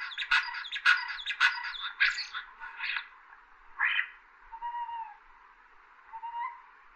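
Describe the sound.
Common starling calls: a series of harsh, rasping squawks, then a few softer drawn-out whistles with pauses between them.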